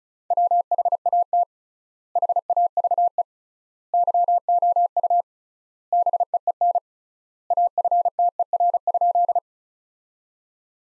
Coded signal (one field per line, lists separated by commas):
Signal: Morse code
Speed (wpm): 34 wpm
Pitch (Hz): 700 Hz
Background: none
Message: WHAT HAVE YOU BEEN AFTER?